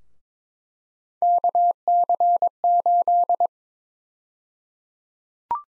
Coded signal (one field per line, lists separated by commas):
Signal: Morse code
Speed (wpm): 22 wpm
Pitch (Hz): 700 Hz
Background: none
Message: KC8